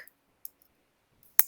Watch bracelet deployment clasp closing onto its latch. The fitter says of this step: two clicks and it's nice fluid it's very clean and so that is how